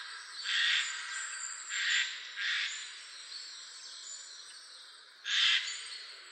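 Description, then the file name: Eurasian jay giving harsh, rasping screeches, three early and one more near the end, over a steady hiss of background noise. "Garrulus glandarius"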